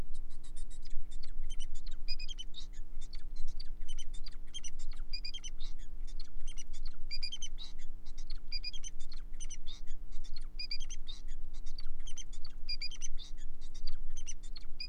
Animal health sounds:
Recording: song of a male Bengalese finch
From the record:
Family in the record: son of father 4

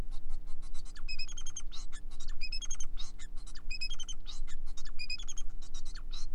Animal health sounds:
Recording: song of a male Bengalese finch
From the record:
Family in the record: son of father 4

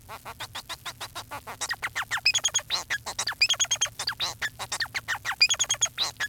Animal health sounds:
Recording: song of a male Bengalese finch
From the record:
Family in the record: son of father 4

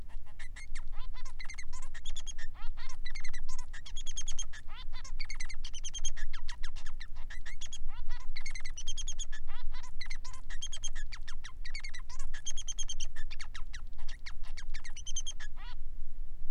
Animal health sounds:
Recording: song of a male Bengalese finch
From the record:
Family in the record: son of father 3

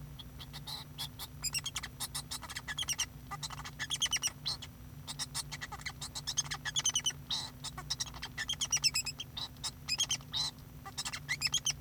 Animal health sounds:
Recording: song of a male Bengalese finch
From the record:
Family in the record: son of father 2

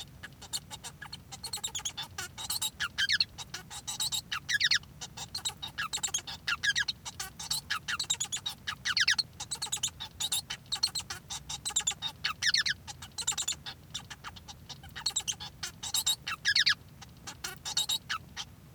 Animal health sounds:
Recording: song of a male Bengalese finch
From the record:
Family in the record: son of father 1

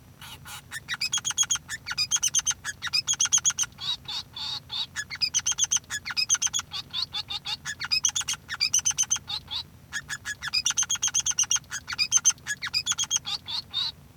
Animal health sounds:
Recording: song of a male Bengalese finch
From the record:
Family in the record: son of father 3

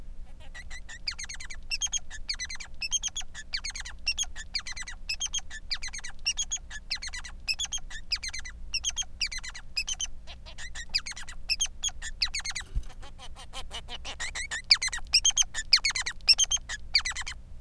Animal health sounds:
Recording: song of a male Bengalese finch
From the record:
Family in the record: son of father 3

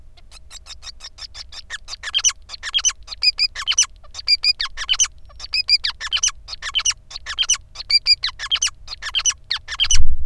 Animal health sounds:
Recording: song of a male Bengalese finch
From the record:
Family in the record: son of father 5

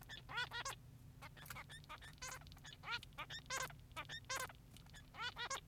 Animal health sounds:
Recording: song of a male Bengalese finch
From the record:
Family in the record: son of father 3

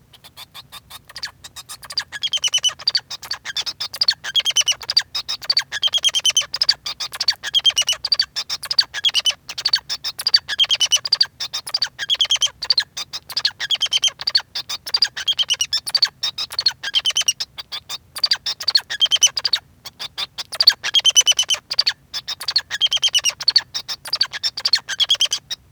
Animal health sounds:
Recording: song of a male Bengalese finch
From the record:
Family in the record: son of father 2

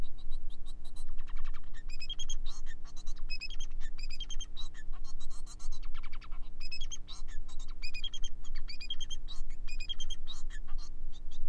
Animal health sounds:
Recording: song of a male Bengalese finch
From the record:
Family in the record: son of father 4

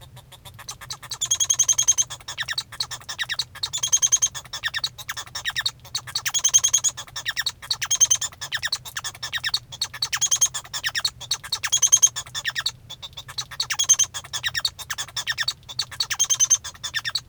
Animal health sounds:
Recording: song of a male Bengalese finch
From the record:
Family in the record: son of father 1

